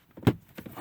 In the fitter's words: can kind of hear them pop up